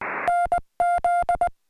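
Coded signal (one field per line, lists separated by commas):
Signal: Morse code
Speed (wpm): 19 wpm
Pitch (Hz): 700 Hz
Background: none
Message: NZ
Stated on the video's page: CW on a summit activation, Summits on the Air, after a PSK31 test made with a cell phone app.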